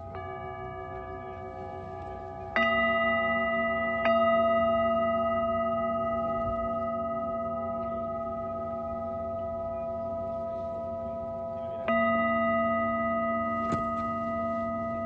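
Singing bowls ring out in long, layered tones, struck near the start, again about four seconds in, and twice more toward the end, each strike swelling and then slowly fading. A soft, steady wash of wind and waves rumbles low underneath.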